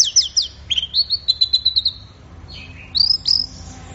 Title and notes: Anis Merah Gacor Teler. Suara Burung Anis